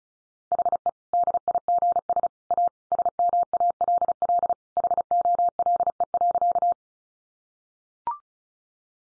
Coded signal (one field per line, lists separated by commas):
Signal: Morse code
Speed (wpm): 34 wpm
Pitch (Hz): 700 Hz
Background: none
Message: HE DIGS A SMALL HOLE.